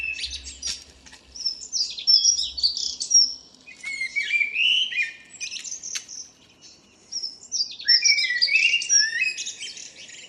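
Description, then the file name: Common blackbird song: several bursts of mellow whistled notes mixed with high squeaky twittering, separated by brief quiet gaps. "Turdus merula"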